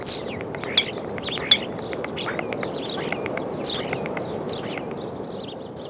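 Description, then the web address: Common starling song: dense clicking and chatter mixed with thin descending whistles. Spring recording. "vremena vesna skvorec"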